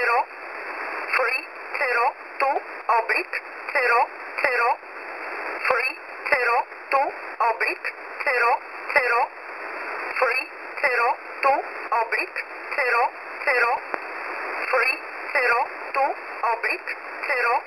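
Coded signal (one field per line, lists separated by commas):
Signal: numbers station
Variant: E11 Oblique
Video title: E11 Oblique 11/07/2023 1000 UTC 12153kHz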